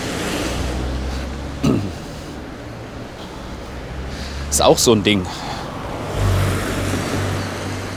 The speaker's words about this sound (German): Ah, und Verkehr. Und noch mehr Verkehr.